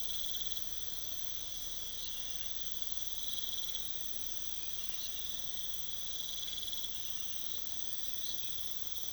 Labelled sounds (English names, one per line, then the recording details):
none
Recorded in pastures near Puerto Asís, Putumayo, Colombia, on 21 December 2024 at 02:00
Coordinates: 0.486, -76.323
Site GP01